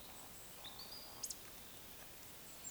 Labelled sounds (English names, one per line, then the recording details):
Eurasian Woodcock whistle
Eurasian Woodcock croak
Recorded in Baden-Württemberg, Germany, on 20 May 2021 at 19:34 UTC
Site 24606, 635 m above sea level